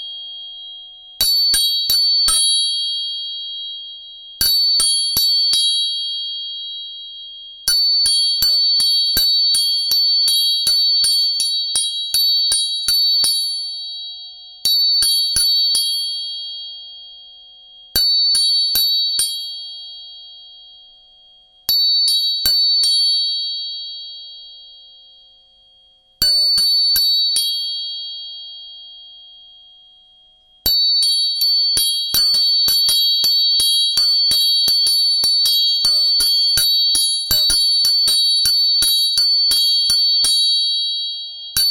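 Three tuning forks are struck in quick bursts of sharp taps, their high, clear tones ringing and fading between brief silences throughout.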